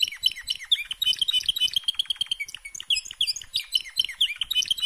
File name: Canary Sound